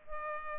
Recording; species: mosquito wingbeat signal from an infrared sensor; Culex pipiens